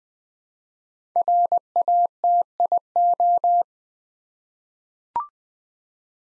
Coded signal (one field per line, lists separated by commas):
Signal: Morse code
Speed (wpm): 20 wpm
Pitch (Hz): 700 Hz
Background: none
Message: RATIO